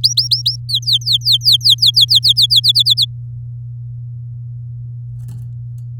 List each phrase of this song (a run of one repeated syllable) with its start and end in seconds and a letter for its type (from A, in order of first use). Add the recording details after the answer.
0.00-0.56 A, 0.69-2.46 B, 2.50-3.05 C. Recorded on 9 May 2018 at 12:58. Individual llb16